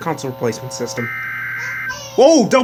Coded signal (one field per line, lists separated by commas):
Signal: Emergency Alert System (SAME) tones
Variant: header bursts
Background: speech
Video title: (EAS #24-25) DOUBLE HEADER! Severe Thunderstorm Warning for Stephenson and Ogle, Illinois